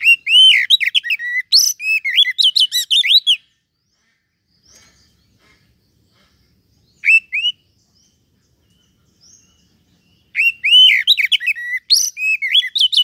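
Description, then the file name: Oriental magpie-robin singing varied whistled phrases with quick slurred notes, a long quiet gap holding one brief whistle, then the lively warbling resumes near the end. "Suara Kacer"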